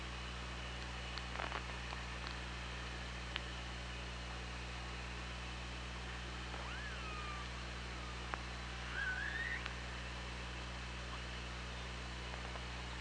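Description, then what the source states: Killer whale calls: a falling tonal call, then a louder wavering rising call a couple of seconds later, amid clicks and continuous low hum. OrcaLab hydrophone, 24 August 2017, around 16:01.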